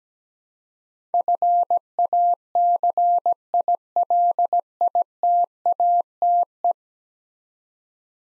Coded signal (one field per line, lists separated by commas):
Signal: Morse code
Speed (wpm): 17 wpm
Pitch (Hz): 700 Hz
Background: none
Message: FACILITATE